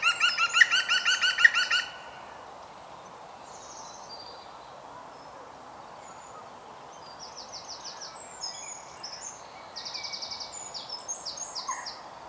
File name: Groene Specht Picus viridis